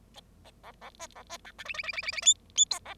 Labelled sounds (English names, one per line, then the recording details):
Bengalese Finch song
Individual Bird0